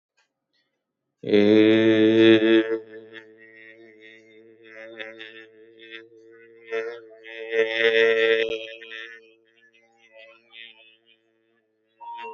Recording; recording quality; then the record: sustained vowel as in made; excellent, no background noise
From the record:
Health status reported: healthy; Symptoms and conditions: diabetes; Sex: male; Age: 60 years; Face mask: not worn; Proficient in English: yes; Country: India